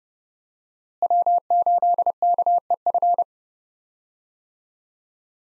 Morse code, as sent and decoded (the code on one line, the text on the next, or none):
.-- ---.. -.- . ..-.
W8KEF